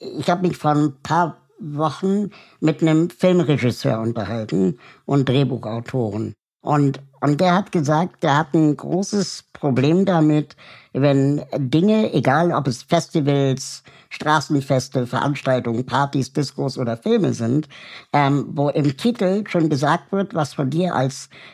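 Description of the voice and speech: One adult speaks German fluently in a conversational tone; ordinary speech with only natural brief pauses and repetitions.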